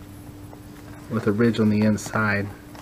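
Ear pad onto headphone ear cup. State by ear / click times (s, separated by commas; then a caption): not seated / none. A replacement headphone ear pad with a ridge on the inside is handled next to the plastic headphone ear cup it is meant to snap onto, for a metal detecting headset. Someone talks over a faint steady hum, with a small tap at 0.5 s and another at 2.9 s. Nothing has seated or clicked yet.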